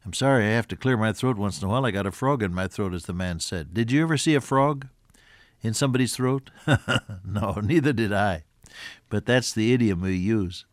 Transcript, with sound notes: I’m sorry I have to clear my throat once in a while I’ve got a frog in my throat as the man said. Did you ever see a frog in somebody’s throat? (Laughs) no neither did I but that’s the idiom we use.